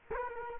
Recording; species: mosquito wingbeat signal from an infrared sensor; Culex quinquefasciatus